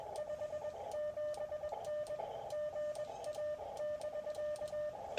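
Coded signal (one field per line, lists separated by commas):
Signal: Morse code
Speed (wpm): 20 wpm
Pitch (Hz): 600 Hz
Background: radio noise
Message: 57N GA<BK>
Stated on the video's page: CW Parks on the Air activation operated portable in cold weather from inside a heated shelter, using a random wire antenna.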